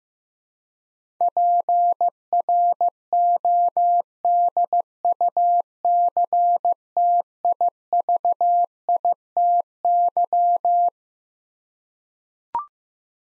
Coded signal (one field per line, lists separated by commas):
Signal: Morse code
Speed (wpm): 15 wpm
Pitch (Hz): 700 Hz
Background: none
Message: PRODUCTIVITY